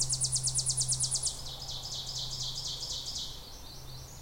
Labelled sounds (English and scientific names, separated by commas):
Ovenbird (Seiurus aurocapilla) song